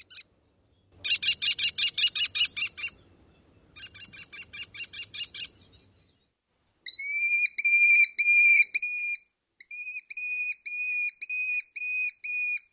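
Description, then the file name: American Kestrel giving rapid shrill note series that change to spaced, clearer whining notes repeated in short groups. "2001-05-04 American Kestrel"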